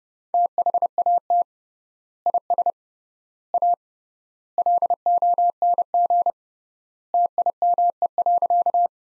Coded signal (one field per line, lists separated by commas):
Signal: Morse code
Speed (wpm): 30 wpm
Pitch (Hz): 700 Hz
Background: none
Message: THAT IS A LONG TIME.